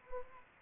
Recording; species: mosquito wingbeat signal from an infrared sensor; Anopheles arabiensis